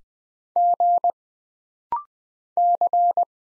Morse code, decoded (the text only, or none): G C